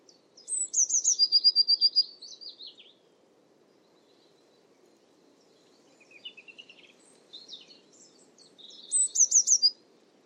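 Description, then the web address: Eurasian blue tit giving high thin introductory notes into a rapid ringing trill, falling quiet for several seconds among soft chips, then repeating the phrase near the end. "cianscape. Deverinetal"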